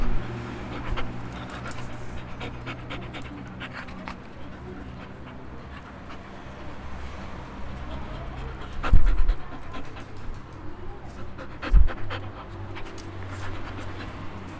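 Dog breathing in uneven low breaths, with two louder thumping bumps in the second half over a faint background hum.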